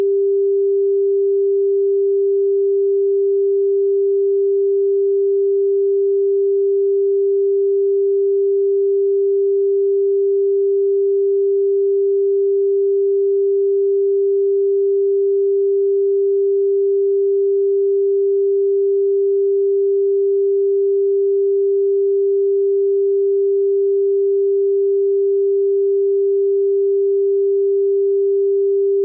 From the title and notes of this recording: 396-hz Pure Tone Music. 396-hertz pure tone music.